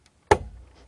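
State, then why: Seated. A RAM module is pressed straight down into a motherboard DIMM socket until its retention tabs lock. After a faint tick near 0.1 s, one sharp click sounds at 0.3 s and fades quickly. The module is seated.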